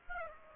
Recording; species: mosquito wingbeat signal from an infrared sensor; Aedes aegypti